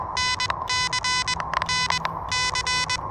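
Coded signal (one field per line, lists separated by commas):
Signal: Morse code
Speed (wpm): 21 wpm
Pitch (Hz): 3000 Hz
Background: none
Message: NC NC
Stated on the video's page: Morse from an Elecraft KH1 used pedestrian mobile in a back yard, hunting POTA park activations.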